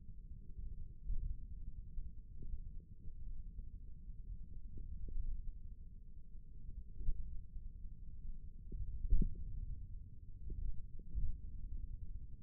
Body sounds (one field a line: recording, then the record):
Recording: forearm muscle sounds (acoustic myography)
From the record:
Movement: index flexion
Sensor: system 1, eight BSWA MPA416 microphones around the upper forearm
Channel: 1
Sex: male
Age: 28 years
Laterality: right